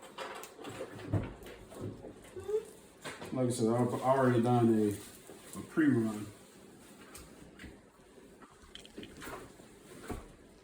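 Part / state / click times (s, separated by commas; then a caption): push-to-connect fitting onto water pipe at filter housing / seated / 8.8 s, 9.0 s. Someone talks while a SharkBite push-to-connect plumbing fitting is pushed about an inch down onto a water pipe at a whole-house water filter housing. Sharp snapping clicks at 8.8, 8.9 and 9.0 seconds are heard as the fitting grips. It is seated and does not come back out.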